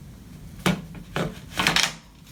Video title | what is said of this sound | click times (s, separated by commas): ARCC Electric Brompton In Depth Review. ARCC vs Swytch vs Brompton Electric | There's a click. | 1.7 s